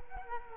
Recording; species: mosquito wingbeat signal from an infrared sensor; Culex quinquefasciatus